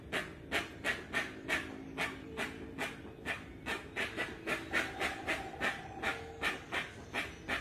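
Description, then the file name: Rusty-margined guan producing rhythmic, hoarse chuffs in quick steady succession, while soft tonal bird whistles sound underneath. Song (canto). "Canto da jacupemba"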